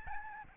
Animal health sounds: mosquito wingbeat signal from an infrared sensor; Aedes albopictus

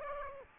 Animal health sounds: mosquito wingbeat signal from an infrared sensor; Aedes aegypti

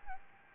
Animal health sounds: mosquito wingbeat signal from an infrared sensor; Aedes albopictus

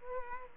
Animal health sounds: mosquito wingbeat signal from an infrared sensor; Culex quinquefasciatus

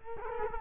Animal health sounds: mosquito wingbeat signal from an infrared sensor; Culex quinquefasciatus

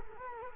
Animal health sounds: mosquito wingbeat signal from an infrared sensor; Culex quinquefasciatus

